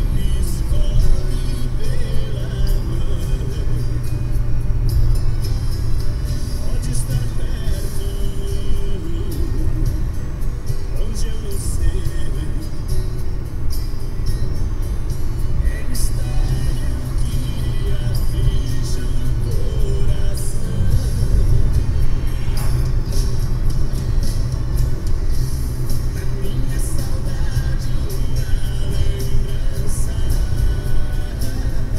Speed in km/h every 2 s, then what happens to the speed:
84, 82, 79, 77, 78, 77, 78, 81, 83, 84, 85, 85, 84, 83, 81, 81.
0-9 slows to 77. 9-20 speeds up to 85. 20-32 steady at about 83.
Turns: none.